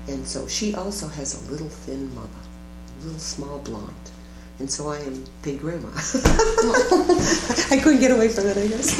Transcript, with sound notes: She also has a little, thin mother, a little, small blonde, and so I'm Big Grandma. [laughter] I couldn't get away from it, I guess.